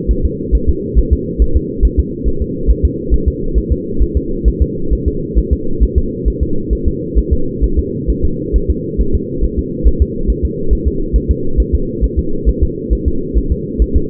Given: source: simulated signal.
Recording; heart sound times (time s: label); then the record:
fetal heart sounds
0.11 s: S1
0.25 s: S2
0.55 s: S1
0.69 s: S2
0.98 s: S1
1.13 s: S2
1.42 s: S1
1.57 s: S2
1.85 s: S1
1.99 s: S2
2.28 s: S1
2.42 s: S2
2.70 s: S1
2.85 s: S2
3.14 s: S1
3.28 s: S2
3.58 s: S1
3.72 s: S2
4.02 s: S1
4.17 s: S2
4.48 s: S1
4.62 s: S2
4.93 s: S1
5.08 s: S2
5.38 s: S1
5.53 s: S2
5.83 s: S1
5.98 s: S2
6.28 s: S1
6.43 s: S2
6.73 s: S1
6.88 s: S2
7.18 s: S1
7.33 s: S2
7.64 s: S1
7.79 s: S2
8.10 s: S1
8.25 s: S2
8.56 s: S1
8.70 s: S2
9.01 s: S1
9.15 s: S2
9.44 s: S1
9.59 s: S2
9.87 s: S1
10.02 s: S2
10.30 s: S1
10.45 s: S2
10.73 s: S1
10.88 s: S2
11.16 s: S1
11.31 s: S2
11.60 s: S1
11.75 s: S2
12.04 s: S1
12.19 s: S2
12.49 s: S1
12.63 s: S2
12.93 s: S1
13.08 s: S2
13.38 s: S1
13.52 s: S2
13.82 s: S1
13.96 s: S2
From the record:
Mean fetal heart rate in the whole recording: 135 bpm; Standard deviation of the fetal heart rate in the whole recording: 3 bpm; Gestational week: 34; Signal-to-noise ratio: -8.1 dB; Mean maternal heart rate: 72 bpm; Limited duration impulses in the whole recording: absent